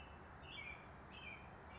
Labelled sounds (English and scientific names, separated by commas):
American Robin (Turdus migratorius)